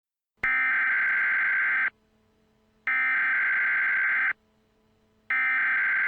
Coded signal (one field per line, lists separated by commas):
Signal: Emergency Alert System (SAME) tones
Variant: header bursts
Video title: EAS- Tornado Warning but the EAS is stoned